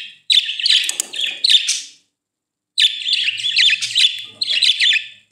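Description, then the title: Budgerigar chirping, bright high buzzy notes in two quick bursts separated by a short silence. "Budgie Sounds"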